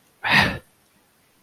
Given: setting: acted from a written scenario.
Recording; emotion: vocal sound without words; disappointment